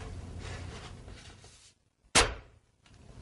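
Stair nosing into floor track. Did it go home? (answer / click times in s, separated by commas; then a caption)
no / none. Stair nosing trim is handled over a track fixed to the subfloor, ready to be pressed in one end first and snapped home along its length. Soft handling noise fades out, followed by a brief silence and a sharp knock-like burst around 2.2 s that decays quickly, then faint noise returns. Nothing has seated or clicked yet.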